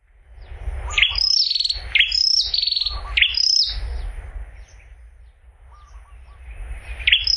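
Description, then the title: Prinia song: sharp rising notes leading into high buzzy trills, several in quick succession, then a pause before another, with a low rumble underneath. "prenjk gnung. prenjak"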